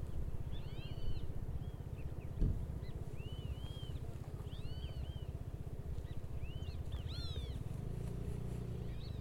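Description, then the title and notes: Bird calls, short arched whistled notes in scattered bursts over a loud, steady low rumble throughout. Noisy yellow-chested bird species in St. George, Bermuda. "yellow-chested birds in St. George, Bermuda. by Mark Wilden"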